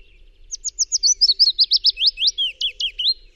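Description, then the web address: Willow warbler song, a rapid run of high thin notes that slows into fuller slurred whistles, lasting nearly three seconds. "chant Pouillot fitis"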